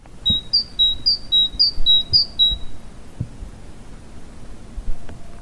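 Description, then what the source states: Great tit song, several quick two-note phrases repeated about twice a second, then quiet with soft low thumps. Birds that sing in gardens.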